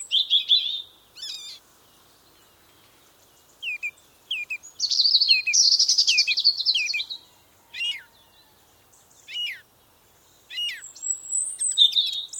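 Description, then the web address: Birds singing: a mix of high chirps, sharp downslurred notes and a longer warbled burst, with quiet pauses between phrases. Birdsong on a summer morning. "Tom Hutchings Birdsong Summer Morning"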